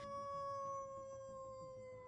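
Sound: dog howling mournfully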